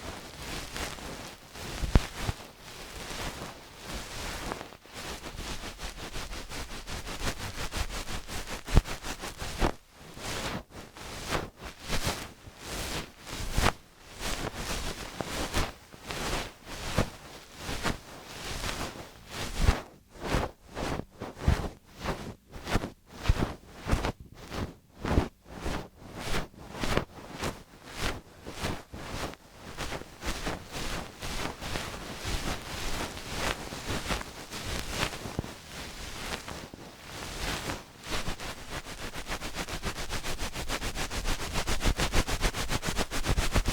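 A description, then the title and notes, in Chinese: Ear cleaning and massage sounds: dense, scratchy rustling in quick irregular bursts, with brief pauses near 5 and 10 seconds and choppier patches around 20–25 seconds. 梵天掏耳和按摩。3D按摩与掏耳一起来。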